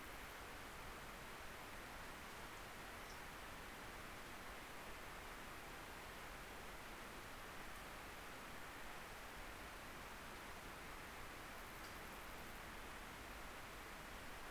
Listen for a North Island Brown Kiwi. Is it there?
no